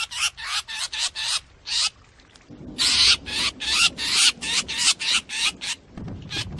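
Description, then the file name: Drongo distress calls: grating, hoarse notes in quick bursts, with a short pause before the rasping series resumes. Distress call (calling for help), used for luring. "Tieng cheo beo keu cuu"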